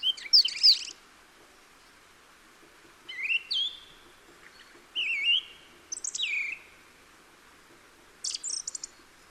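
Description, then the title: Song thrush song in separate bursts: a dense buzzy phrase, then whistled and chirping phrases with pauses between. Recorded in the Peak District during lockdown; described as the longest unbroken song ever heard from a thrush. "Thrush and wren, Peak District"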